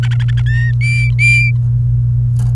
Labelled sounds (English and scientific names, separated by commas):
Domestic Canary (Serinus canaria) song